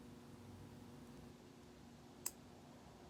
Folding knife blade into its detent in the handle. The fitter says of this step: it clicks right in i mean it has a